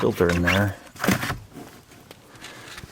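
Someone talks while a pleated cabin air filter for a 2019 VW Tiguan is fed into its slot in the HVAC filter housing behind the glovebox area, followed by quiet sliding and scraping with a couple of brief soft ticks. The filter is not yet all the way in and needs an extra push; nothing has seated or clicked yet.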